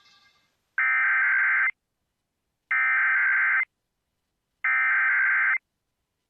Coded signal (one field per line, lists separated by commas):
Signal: Emergency Alert System (SAME) tones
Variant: header bursts